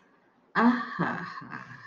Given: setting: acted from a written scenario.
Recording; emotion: vocal sound without words; romantic love